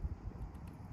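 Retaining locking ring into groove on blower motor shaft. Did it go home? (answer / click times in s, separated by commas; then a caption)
no / none. A metal locking ring is pushed down the shaft of a Kenworth T680 HVAC blower motor toward its groove after a new bearing has been fitted. Only low rumbling handling noise is heard, with soft thumps near the start. Nothing has seated or clicked yet.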